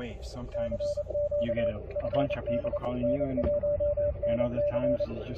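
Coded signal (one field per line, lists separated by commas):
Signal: Morse code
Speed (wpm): 28 wpm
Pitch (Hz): 580 Hz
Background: speech, radio noise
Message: CQ FD N1NC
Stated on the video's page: Morse sent by an operator working CW during Field Day 2023.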